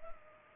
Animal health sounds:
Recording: mosquito wingbeat signal from an infrared sensor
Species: Culex pipiens

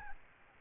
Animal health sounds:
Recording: mosquito wingbeat signal from an infrared sensor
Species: Aedes albopictus

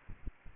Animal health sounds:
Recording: mosquito wingbeat signal from an infrared sensor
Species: Aedes aegypti

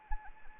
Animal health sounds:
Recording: mosquito wingbeat signal from an infrared sensor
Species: Anopheles arabiensis

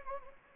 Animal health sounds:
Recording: mosquito wingbeat signal from an infrared sensor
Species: Anopheles gambiae

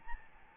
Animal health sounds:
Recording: mosquito wingbeat signal from an infrared sensor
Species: Aedes albopictus

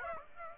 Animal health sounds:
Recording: mosquito wingbeat signal from an infrared sensor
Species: Aedes aegypti

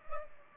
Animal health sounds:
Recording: mosquito wingbeat signal from an infrared sensor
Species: Culex pipiens

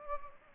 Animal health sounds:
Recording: mosquito wingbeat signal from an infrared sensor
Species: Anopheles gambiae

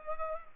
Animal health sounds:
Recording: mosquito wingbeat signal from an infrared sensor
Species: Culex pipiens

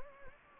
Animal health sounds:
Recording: mosquito wingbeat signal from an infrared sensor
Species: Anopheles gambiae

